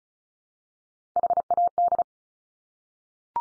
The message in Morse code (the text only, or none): HAD